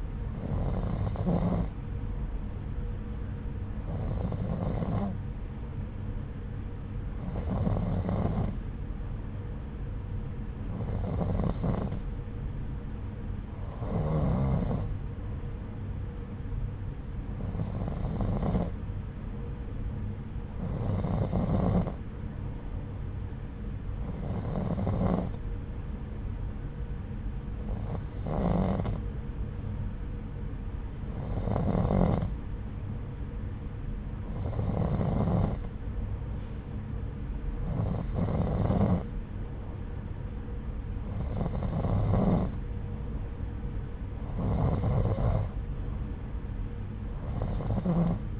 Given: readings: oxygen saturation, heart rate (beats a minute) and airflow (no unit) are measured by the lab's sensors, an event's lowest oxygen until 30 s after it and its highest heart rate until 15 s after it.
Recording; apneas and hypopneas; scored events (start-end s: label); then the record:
breathing in sleep by a smartphone at the bedside; none
none scored
From the record:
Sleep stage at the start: N2 (light sleep); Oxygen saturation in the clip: 90 to 92%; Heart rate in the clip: 64 to 81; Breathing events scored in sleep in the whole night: 303 in 8.1 hours asleep